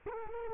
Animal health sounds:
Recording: mosquito wingbeat signal from an infrared sensor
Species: Culex quinquefasciatus

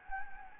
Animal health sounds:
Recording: mosquito wingbeat signal from an infrared sensor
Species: Anopheles gambiae

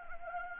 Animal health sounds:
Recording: mosquito wingbeat signal from an infrared sensor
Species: Anopheles gambiae

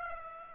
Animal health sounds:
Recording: mosquito wingbeat signal from an infrared sensor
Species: Aedes aegypti

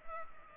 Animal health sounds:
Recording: mosquito wingbeat signal from an infrared sensor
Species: Culex pipiens

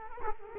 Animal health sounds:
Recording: mosquito wingbeat signal from an infrared sensor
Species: Culex quinquefasciatus

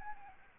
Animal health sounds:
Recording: mosquito wingbeat signal from an infrared sensor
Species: Aedes albopictus

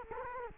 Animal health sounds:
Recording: mosquito wingbeat signal from an infrared sensor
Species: Culex quinquefasciatus

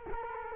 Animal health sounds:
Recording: mosquito wingbeat signal from an infrared sensor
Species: Culex quinquefasciatus

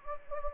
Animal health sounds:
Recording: mosquito wingbeat signal from an infrared sensor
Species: Anopheles gambiae

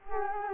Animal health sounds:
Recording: mosquito wingbeat signal from an infrared sensor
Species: Culex quinquefasciatus

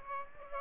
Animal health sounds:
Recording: mosquito wingbeat signal from an infrared sensor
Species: Aedes aegypti

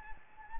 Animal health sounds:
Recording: mosquito wingbeat signal from an infrared sensor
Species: Anopheles gambiae

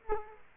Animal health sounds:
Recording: mosquito wingbeat signal from an infrared sensor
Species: Culex quinquefasciatus

